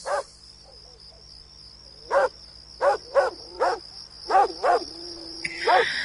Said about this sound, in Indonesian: Anehnya, anjing itu bersuara tidak berhenti. Seakan-akan seperti menggonggong ke arahku terus.